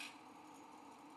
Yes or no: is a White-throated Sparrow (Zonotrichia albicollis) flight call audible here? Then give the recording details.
no. No flight call is heard. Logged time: 10:37 on 5 December 2014